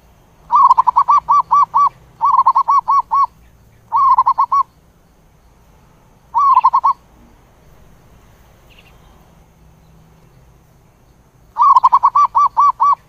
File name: tieng cu van co tieng gu